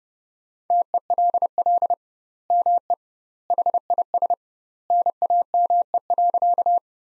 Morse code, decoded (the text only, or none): TELL ME HIS NAME.